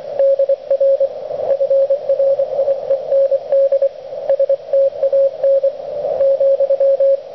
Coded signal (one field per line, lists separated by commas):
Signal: Morse code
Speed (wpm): 24 wpm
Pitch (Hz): 530 Hz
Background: radio noise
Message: DR FRIEND STAN ,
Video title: A Front Yard QRP DXpedition